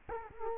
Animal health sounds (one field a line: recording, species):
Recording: mosquito wingbeat signal from an infrared sensor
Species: Culex quinquefasciatus